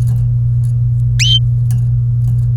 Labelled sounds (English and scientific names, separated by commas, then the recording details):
Domestic Canary (Serinus canaria) song
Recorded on 23 April 2018 at 17:50
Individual llb3